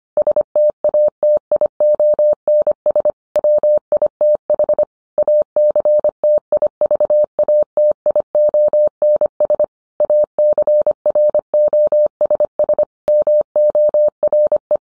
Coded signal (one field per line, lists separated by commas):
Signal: Morse code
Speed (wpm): 25 wpm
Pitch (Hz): 600 Hz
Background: none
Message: STATIONS WITH ACTIVATIONS ACROSS MORE